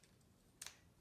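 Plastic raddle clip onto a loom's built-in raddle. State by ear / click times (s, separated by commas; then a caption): seated / 0.6 s. A small plastic clip is pressed onto the built-in wooden raddle of a Louet loom to hold a LoftyFiber add-on raddle. After near silence, a sharp, bright snap with a quick double edge comes at 0.6 s. The clip seats firmly in place.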